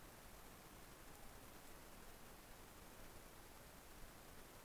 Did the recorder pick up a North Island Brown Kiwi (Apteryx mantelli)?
no